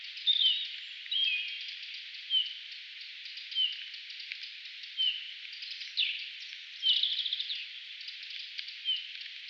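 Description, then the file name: Eurasian bullfinch giving brief downslurred whistled notes at intervals of about a second, over constant background hiss. "Pyrrhula pyrrhula"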